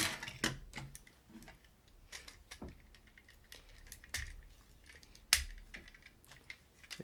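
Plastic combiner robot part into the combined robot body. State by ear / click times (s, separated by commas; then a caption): seated / 5.3 s. A plastic Transformers G1 combiner limb or car-robot part is pushed into its socket on the larger combined robot body, with light plastic clicks and rattling handling throughout. A sharp, loud snap at 5.3 s marks the part seating firmly in place.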